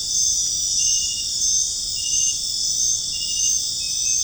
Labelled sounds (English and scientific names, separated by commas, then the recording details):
none
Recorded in dense forest near Puerto Asís, Putumayo, Colombia, on 22 June 2025 at 20:30
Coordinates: 0.481, -76.323
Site G072